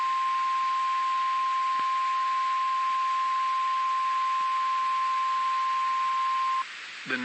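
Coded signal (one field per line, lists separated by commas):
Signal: Emergency Alert System (SAME) tones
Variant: 1050 Hz attention tone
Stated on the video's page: Weather alerts issued by the NWS office in Gray, Maine, captured as EAS broadcasts.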